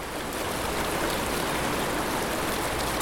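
flowing river water

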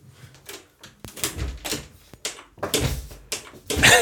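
door being shut

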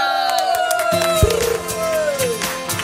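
audience applause and cheering

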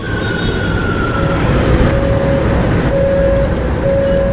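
metro train ambience

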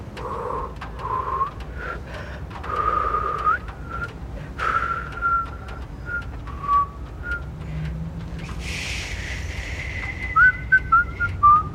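people whistling

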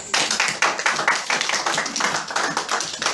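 audience applause

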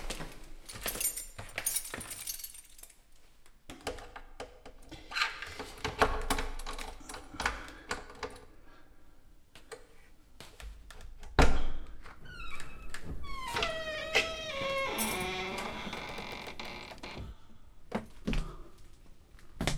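key in lock

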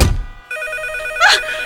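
telephone ringing

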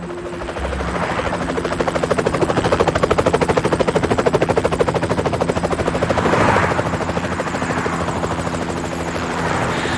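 helicopter flying overhead

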